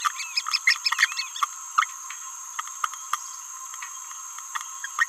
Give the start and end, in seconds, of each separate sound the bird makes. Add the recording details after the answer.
0.67-0.78, 0.99-1.05, 1.78-1.86, 4.99-5.07. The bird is a male. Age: 29 days. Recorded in a nest box in Venezuela. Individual 17B31A1